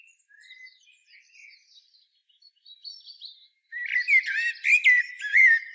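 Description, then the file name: Common blackbird, faint, thin warbles for several seconds, then a loud, rich whistled phrase with high squeaky flourishes. "Turdus merula"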